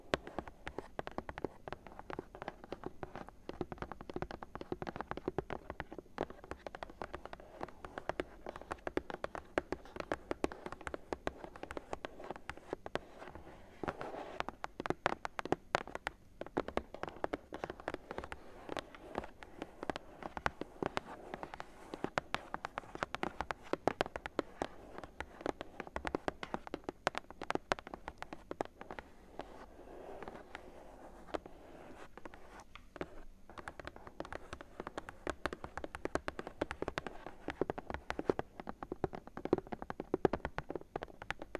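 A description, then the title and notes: Dense, irregular fingertip taps on cardboard, dry, with hollow mid-toned knocks continuing steadily for the whole stretch without pause. ASMR Cardboard Taps! (No Talking).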